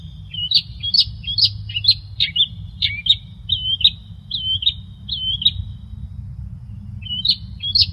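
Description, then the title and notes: Long-tailed shrike song: a rapid series of sharp whistled chirps, pausing for over a second before resuming, with a constant low hum beneath. Cage-bird training recording. "Masteran Burung Cendet"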